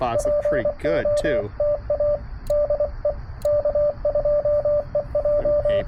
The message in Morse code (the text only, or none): POTA DE K2EJ